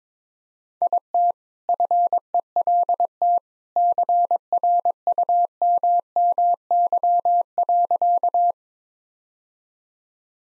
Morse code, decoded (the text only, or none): IT FELT CRUMMY.